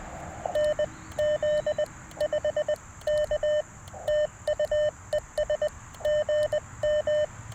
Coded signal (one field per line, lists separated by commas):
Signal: Morse code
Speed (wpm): 20 wpm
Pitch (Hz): 600 Hz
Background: none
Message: N Z 5 K TU ES GM